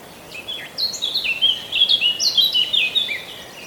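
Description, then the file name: Eurasian blackcap singing a fast, varied warble of bright whistled and slurred notes that runs nearly three seconds without pause, over steady low hiss. "Sylvia atricapilla"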